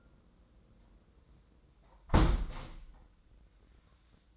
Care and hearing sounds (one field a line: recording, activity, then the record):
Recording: daily activity, microphone in the room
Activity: close window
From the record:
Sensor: 3